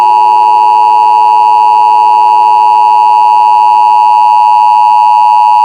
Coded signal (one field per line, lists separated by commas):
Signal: Emergency Alert System (SAME) tones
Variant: 853 and 960 Hz attention tone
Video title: EAS Mock: Child Abduction Emergency For Mikesburg